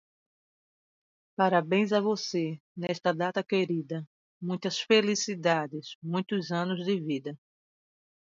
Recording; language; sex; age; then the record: short text; Brazilian Portuguese; female; 50 to 59 years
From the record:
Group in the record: control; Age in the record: 55 years